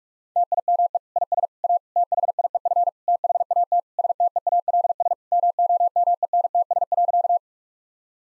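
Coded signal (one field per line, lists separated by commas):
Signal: Morse code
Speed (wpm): 46 wpm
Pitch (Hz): 700 Hz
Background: none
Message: TIME IS A THIEF THAT STEALS MOMENTS.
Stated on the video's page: Morse practice set of difficult sentences with contextual hints, sent at 45 wpm.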